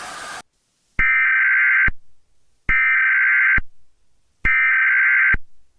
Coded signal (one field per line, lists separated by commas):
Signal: Emergency Alert System (SAME) tones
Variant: header bursts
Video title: EAS SCP 001 ‘when day breaks’